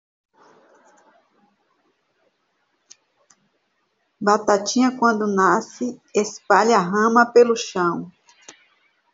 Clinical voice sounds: short text; Brazilian Portuguese; female; 50 to 59 years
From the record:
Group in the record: control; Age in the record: 54 years

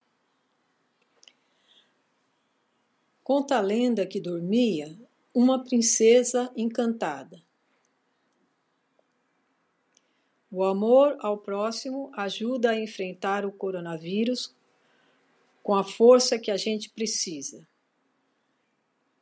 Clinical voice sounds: spoken sentence; Brazilian Portuguese; female; 60 to 69 years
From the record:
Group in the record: control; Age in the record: 61 years

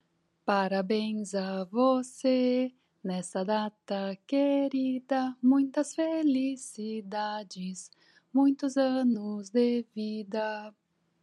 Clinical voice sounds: short text; Brazilian Portuguese; female; 40 to 49 years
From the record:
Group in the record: control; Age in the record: 41 years

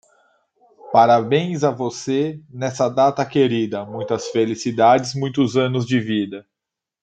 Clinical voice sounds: short text; Brazilian Portuguese; male; 30 to 39 years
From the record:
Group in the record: control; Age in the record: 35 years

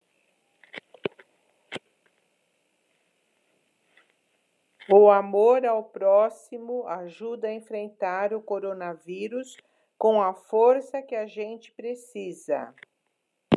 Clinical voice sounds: spoken sentence; Brazilian Portuguese; female; 70 to 79 years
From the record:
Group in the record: control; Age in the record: 71 years

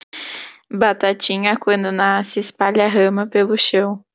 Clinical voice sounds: short text; Brazilian Portuguese; female; 20 to 29 years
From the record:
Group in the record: control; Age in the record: 22 years

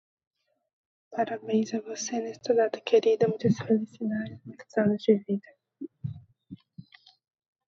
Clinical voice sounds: short text; Brazilian Portuguese; female; 20 to 29 years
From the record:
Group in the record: control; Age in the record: 22 years

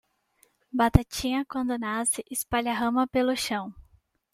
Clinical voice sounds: short text; Brazilian Portuguese; female; 20 to 29 years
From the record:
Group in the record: control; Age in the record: 20 years

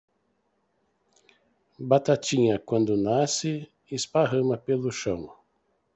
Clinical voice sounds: short text; Brazilian Portuguese; male; 60 to 69 years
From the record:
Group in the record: control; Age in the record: 60 years

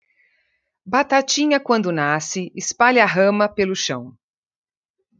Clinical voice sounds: short text; Brazilian Portuguese; female; 40 to 49 years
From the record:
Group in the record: control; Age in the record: 49 years

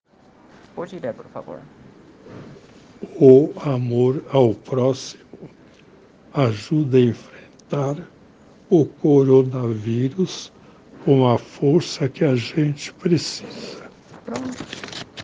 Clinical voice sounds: spoken sentence; Brazilian Portuguese; male; 70 to 79 years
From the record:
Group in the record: respiratory insufficiency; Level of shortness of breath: 5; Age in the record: 76 years

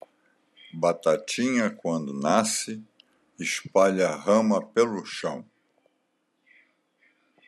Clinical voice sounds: short text; Brazilian Portuguese; male; 80 to 89 years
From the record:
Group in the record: control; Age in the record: 83 years

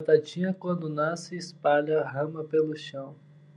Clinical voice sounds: short text; Brazilian Portuguese; male; 20 to 29 years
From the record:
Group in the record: control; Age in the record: 24 years

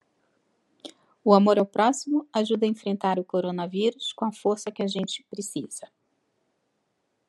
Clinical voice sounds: spoken sentence; Brazilian Portuguese; female; 50 to 59 years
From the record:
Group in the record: control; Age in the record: 56 years

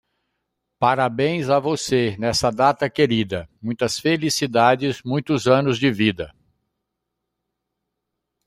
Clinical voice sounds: short text; Brazilian Portuguese; male; 60 to 69 years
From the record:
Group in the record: control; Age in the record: 65 years

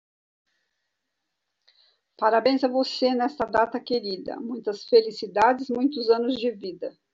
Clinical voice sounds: short text; Brazilian Portuguese; female; 60 to 69 years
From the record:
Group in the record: control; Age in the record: 63 years

